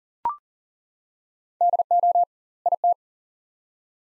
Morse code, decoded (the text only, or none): DO IT